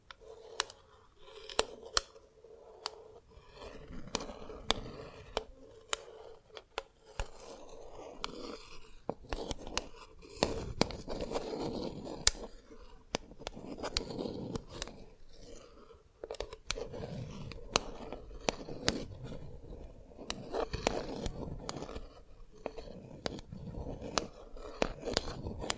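Dalgona candy being tapped and cracked, with sharp clicks and snaps scattered irregularly throughout, several per second at busier moments. Between the snaps come soft scraping and rubbing sounds, and a faint steady hum runs underneath.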